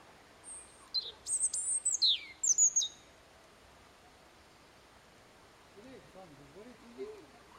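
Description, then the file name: European robin, a rapid series of very high, steeply sliding whistles and squeaky notes over a few seconds, then faint low sounds near the end. "Erithacus rubecula"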